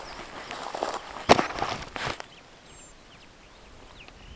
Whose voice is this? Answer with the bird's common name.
Superb Starling